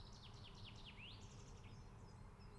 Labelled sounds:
Common Chaffinch
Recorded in Germany
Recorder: ecoPi

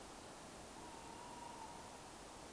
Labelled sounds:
Tawny Owl
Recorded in Germany
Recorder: ecoPi

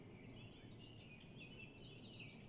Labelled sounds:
Eurasian Blackcap
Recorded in Germany
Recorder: ecoPi

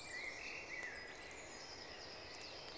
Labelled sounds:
Eurasian Blue Tit
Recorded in Germany
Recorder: ecoPi

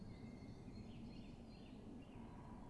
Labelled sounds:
Great Tit
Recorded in Germany
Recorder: ecoPi

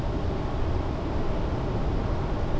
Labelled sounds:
none
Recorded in Germany
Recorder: ecoPi

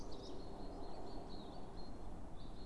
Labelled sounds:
Common Chaffinch
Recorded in Germany
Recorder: ecoPi

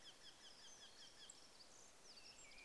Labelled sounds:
Song Thrush
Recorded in Germany
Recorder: ecoPi

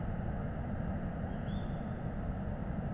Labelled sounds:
Tawny Owl
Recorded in Germany
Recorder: ecoPi

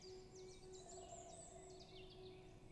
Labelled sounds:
Great Spotted Woodpecker
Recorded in Germany
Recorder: ecoPi

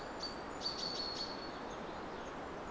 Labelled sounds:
Common Chaffinch
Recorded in Germany
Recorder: ecoPi

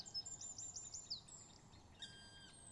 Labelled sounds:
Great Spotted Woodpecker
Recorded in Germany
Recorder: ecoPi

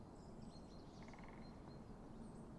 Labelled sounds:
Great Spotted Woodpecker
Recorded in Germany
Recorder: ecoPi

